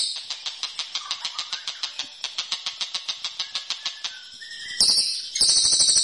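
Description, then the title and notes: Bird giving a fast series of sharp notes, then louder harsh bursts near the end. "Bird Sound. Kicau Burung Lengkap"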